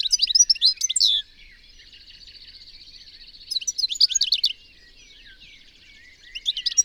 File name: Carduelis carduelis